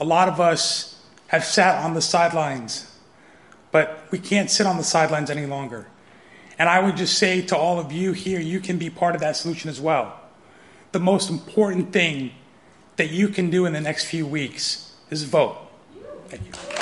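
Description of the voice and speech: An adult man, a trauma surgeon, speaks fluently in short phrases broken by pauses. His voice is slightly high and thin, with mild breathiness and weak voicing at the ends of words. This fits dysphonia from a paralyzed vocal cord, caused at age 17 by a gunshot wound to the throat that ruptured his windpipe; he later had a tracheostomy tube.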